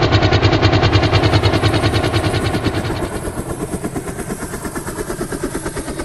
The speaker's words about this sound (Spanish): ¿Qué vamos a Tigre? Sí, exacto, vamos en helicóptero. Vamos, suban.